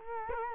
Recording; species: mosquito wingbeat signal from an infrared sensor; Culex quinquefasciatus